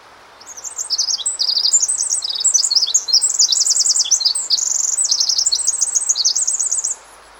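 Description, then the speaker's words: Pacific wren singing a long, torrent-like song of extremely fast, high-pitched notes and trills, varied and nearly continuous for about six seconds, with a soft hiss behind. Played a second time; very small bird usually perched on top of a snag 10 to 15 feet up; immense number of fast notes; common in forests around Sitka. "So I'll go ahead and play the Pacific Wren song once more."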